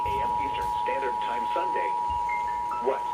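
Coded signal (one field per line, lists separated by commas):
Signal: Emergency Alert System (SAME) tones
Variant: 853 and 960 Hz attention tone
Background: speech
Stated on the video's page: Real flood warnings received on NOAA Weather Radio transmitter WXJ84 and broadcast stations.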